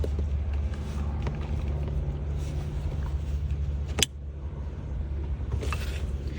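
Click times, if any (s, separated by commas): 4.0 s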